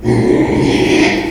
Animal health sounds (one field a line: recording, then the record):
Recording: squeal of a Yucatan mini pig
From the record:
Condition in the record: after surgery on the right vocal fold (resection and tissue-engineered implant)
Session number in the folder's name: 2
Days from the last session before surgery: 13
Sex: male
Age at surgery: 12 weeks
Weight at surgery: 13 kg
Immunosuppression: cyclosporine, prednisolone